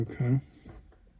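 During a steering wheel swap on a Shelby GT500 Mustang, the plastic wiring connector behind the wheel is handled next to its mating plug, just before the airbag goes back on. Someone talks briefly, then only faint handling sounds follow. The connector has not clicked or seated yet.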